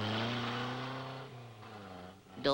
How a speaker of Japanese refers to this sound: うわっ、は、く、車だ。